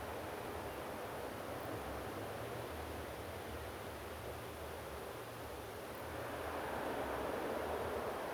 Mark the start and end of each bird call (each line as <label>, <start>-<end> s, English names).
Common Ringed Plover, 0.67-0.85 s